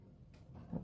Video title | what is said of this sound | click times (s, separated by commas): Monter son pc bureautique en 2026 | on appuie fort. Comme ça. On entend le petit clips. Donc c'est bon. | 0.8 s